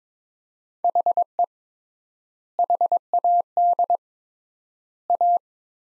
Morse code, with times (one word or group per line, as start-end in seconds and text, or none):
0.8-1.4 HE
2.6-4.0 HAD
5.1-5.4 A